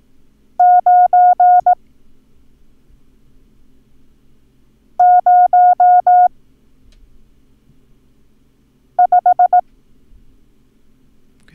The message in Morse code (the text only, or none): 9 0 5